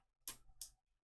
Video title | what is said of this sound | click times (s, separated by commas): How to Insert the Game Card into Nintendo Switch | and then we need to push it until we hear a click | 0.3 s